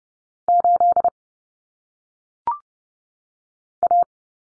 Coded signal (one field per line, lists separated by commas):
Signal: Morse code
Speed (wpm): 30 wpm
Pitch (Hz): 700 Hz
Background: none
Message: 8 A